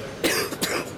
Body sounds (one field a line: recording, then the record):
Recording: coughing mixed with background sound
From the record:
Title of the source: 31 night wet cough